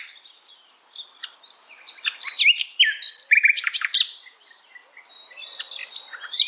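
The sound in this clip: Bird giving a jumbled high twittering song, soft at first, loudest in the middle with sharp buzzy notes, then scattered chirps.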